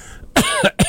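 Two brief, partly voiced coughs in quick succession from an adult man; an ordinary passing cough.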